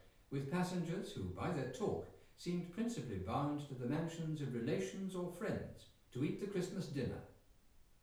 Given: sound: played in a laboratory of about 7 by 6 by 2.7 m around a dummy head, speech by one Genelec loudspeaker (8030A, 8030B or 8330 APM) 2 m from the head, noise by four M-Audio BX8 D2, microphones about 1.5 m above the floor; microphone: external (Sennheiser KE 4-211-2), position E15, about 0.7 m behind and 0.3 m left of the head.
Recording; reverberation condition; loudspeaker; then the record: male speech in English; medium; 30 degrees to the right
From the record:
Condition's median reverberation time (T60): about 510 ms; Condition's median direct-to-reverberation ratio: about -0.5 dB